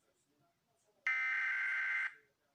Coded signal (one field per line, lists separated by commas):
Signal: Emergency Alert System (SAME) tones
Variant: header bursts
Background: speech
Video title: EAS: tornado warning in London